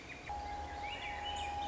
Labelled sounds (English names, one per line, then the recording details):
Swainson's Thrush
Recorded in Sonoma County, California